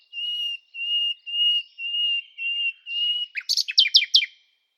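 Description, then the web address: Bird song of six steady, evenly spaced whistled notes, followed by a quick flurry of sharp chirps. "Bird Only"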